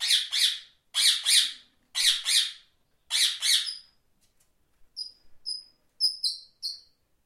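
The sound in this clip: Parrot squawking in harsh paired calls, then switching to short, high, clipped whistles repeated several times near the end.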